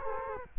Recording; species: mosquito wingbeat signal from an infrared sensor; Culex quinquefasciatus